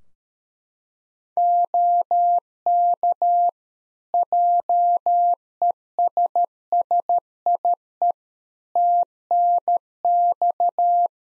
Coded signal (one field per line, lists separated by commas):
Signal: Morse code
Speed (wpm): 13 wpm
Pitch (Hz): 700 Hz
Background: none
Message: OK JESSIE TNX